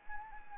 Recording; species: mosquito wingbeat signal from an infrared sensor; Anopheles arabiensis